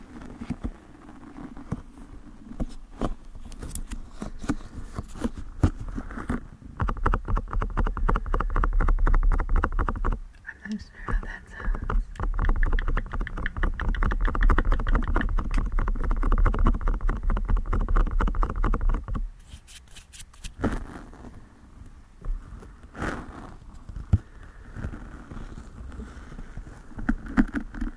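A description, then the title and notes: Dense fingertip tapping and scratching on soft surfaces, sparse at first, then a busy rumbling stretch with two short pauses near 10 and 20 seconds. Hand Sounds, Tapping, Soap Tapping & Scratching, Fidgets, Stress Balls, Sticker Tapping.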